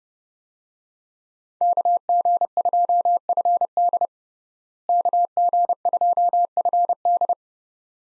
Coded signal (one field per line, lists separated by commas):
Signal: Morse code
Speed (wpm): 32 wpm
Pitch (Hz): 700 Hz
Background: none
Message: KG2FD KG2FD